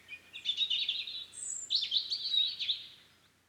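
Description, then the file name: European robin song, two fluttering phrases of high, tinkling, jumbled notes with a high thin whistle between them, fading at the end over light hiss. "Erithacus rubecula"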